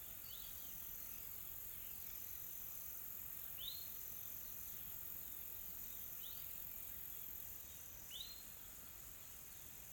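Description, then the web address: Insects keep up a steady hiss, with a bird's short rising chirp repeated a few times. Calm, soft insect sounds in a tropical forest in South Africa. "Smart Sound FX - Nature South Africa AMBIENCE Additional Tropical Forest Soft Insects Calm"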